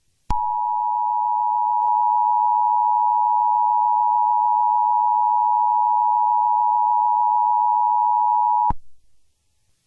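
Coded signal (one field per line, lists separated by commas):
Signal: Emergency Alert System (SAME) tones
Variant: 853 and 960 Hz attention tone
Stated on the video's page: Fictional horror EAS scenario.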